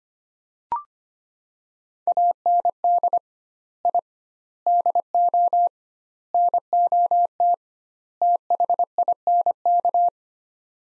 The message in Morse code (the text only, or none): AND I DO NOT THINK